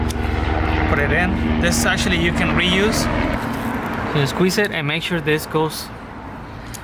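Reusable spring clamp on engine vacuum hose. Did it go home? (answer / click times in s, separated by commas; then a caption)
yes / 6.8 s. Someone talks while squeezing a reusable spring hose clamp over the little lip of an engine vacuum hose on a 1999–2004 VW MK4 Jetta/Golf, a repair for a too-lean condition and vacuum leaks, over a low steady background rumble. A short, sharp click at 6.8 s marks the clamp snapping closed and seating on the hose.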